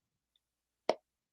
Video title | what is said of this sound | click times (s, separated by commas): Part 2 (Edge Tools) | It snaps into place. Yep. Okay. That means it's locked in there. | 0.9 s